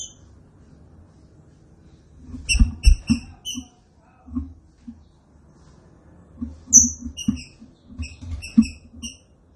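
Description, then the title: Green-winged saltator singing short, sharp whistled notes in two rapid clusters over low knocking thuds. Classic song style (canto clássico), presented as a training recording. "Canto Clássico Trinca Ferro TREINAMENTO"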